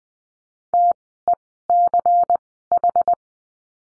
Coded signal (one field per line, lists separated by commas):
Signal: Morse code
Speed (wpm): 20 wpm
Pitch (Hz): 700 Hz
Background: none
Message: TECH